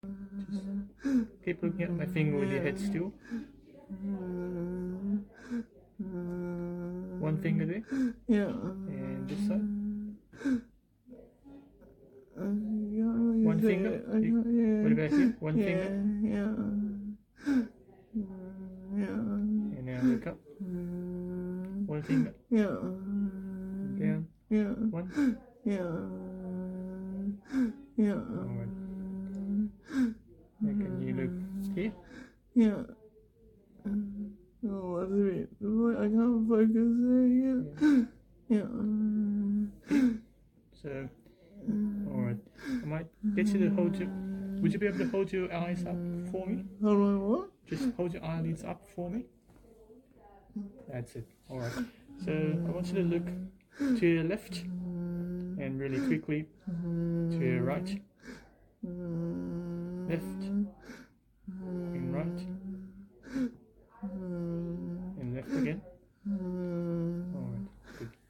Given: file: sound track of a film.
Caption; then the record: Prominent brainstem signs during the patient’s inpatient relapse. Note bilateral partial ptosis, complex ophthalmoplegia with bidirectional nystagmus, dysphonia, abnormal expiratory vocalisations, and dependence on nasogastric nutrition due to dysphagia.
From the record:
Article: Paraneoplastic progressive encephalomyelitis with rigidity and myoclonus associated with monoclonal B-cell lymphocytosis in the setting of longstanding methotrexate use: case report